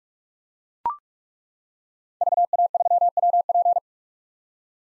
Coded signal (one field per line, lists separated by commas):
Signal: Morse code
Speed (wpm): 41 wpm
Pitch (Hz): 700 Hz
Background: none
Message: VA3WP